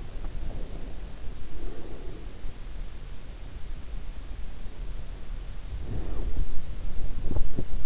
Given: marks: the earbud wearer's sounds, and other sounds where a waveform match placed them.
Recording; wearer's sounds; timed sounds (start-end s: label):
sounds in sleep by an in-ear microphone; breath, teeth grinding
0.30-2.46 s: breath
5.71-6.65 s: teeth grinding
6.99-7.86 s: teeth grinding